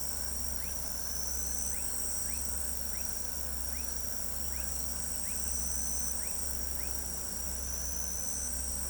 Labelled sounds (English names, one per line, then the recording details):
none
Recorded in pastures near Pivijay, Magdalena, Colombia, on 2 June 2023 at 22:30
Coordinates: 10.456, -74.369
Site P6-G026